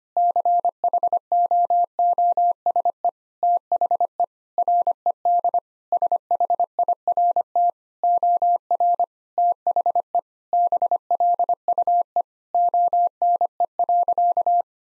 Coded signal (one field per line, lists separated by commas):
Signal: Morse code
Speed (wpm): 25 wpm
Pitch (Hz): 700 Hz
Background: none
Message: CHOOSE THE RED SHIRT OR THE BLUE ONE.